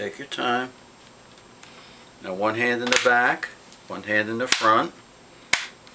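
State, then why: Seated. Someone talks while pressing the plastic screen bezel onto the display lid of an HP G7 laptop, one hand behind the lid and one in front. A single sharp snap at 5.5 s marks the bezel snapping into place, seated.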